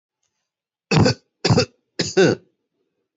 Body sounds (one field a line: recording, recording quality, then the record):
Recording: shallow voluntary cough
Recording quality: excellent, no background noise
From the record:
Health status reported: healthy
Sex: male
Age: 30 years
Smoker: yes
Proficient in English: yes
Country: India